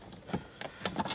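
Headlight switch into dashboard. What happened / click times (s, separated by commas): The plastic switch unit pushed home and seated in its opening / 0.6 s, 0.9 s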